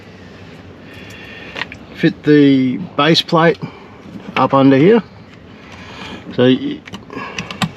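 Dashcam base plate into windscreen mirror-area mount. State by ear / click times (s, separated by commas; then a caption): seated / 7.6 s. A FixCamX dashcam base plate is fitted up under the windscreen trim of an F150 and pressed into its mount near the mirror area while someone talks. A few light handling taps sound around 1.6–1.7 seconds, then a quick run of sharp ticks ends with a firm snap at 7.6 seconds as the plate seats into the mount.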